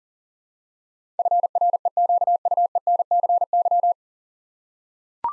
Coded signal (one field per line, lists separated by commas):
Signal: Morse code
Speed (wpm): 39 wpm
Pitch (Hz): 700 Hz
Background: none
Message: FREQUENCY